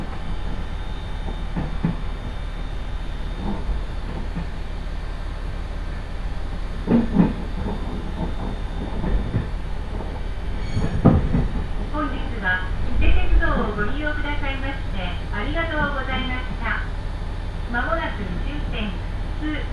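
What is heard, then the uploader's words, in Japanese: Inside a one-car local railbus, a steady low engine and rail rumble runs throughout. Occasional clunks and knocks come around seven and eleven seconds, and from about twelve seconds onward voices chatter and laugh, growing livelier toward the end. 伊勢鉄道 四日市→津。四日市から河原田までの2駅はＪＲ区間に乗り入れ、あとは伊勢鉄道内を走ります。普通列車は１両のレールバスで数人程度の乗客ですが、土曜日ということもあり徐々に高校生が乗ってきたりと賑やかになってきます。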